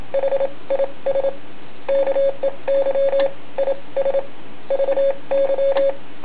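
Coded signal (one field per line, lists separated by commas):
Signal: Morse code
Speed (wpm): 26 wpm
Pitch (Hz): 550 Hz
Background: none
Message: HIS KEY IS VY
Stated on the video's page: Sent on an original combo key made by GHD.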